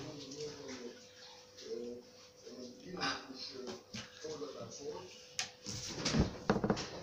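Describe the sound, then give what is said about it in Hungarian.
A door swings shut with a few sharp knocks and clatters near the end, following steady pigeon cooing and low voices murmuring in the background. “Becsukom én mindjárt.”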